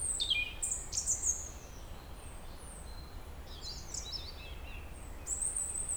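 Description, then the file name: European robin song with rapid high whistled notes and trills at the start, a softer phrase midway, and another thin high whistle at the end. "Erithacus rubecula"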